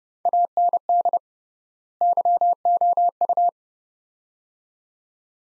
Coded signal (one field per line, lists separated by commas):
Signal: Morse code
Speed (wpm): 30 wpm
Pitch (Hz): 700 Hz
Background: none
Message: AND YOU